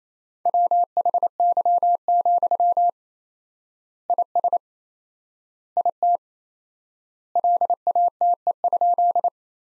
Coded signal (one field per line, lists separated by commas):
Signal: Morse code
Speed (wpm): 28 wpm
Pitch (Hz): 700 Hz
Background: none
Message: WHY, IS IT LATE?